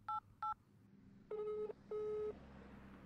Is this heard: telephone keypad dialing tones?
yes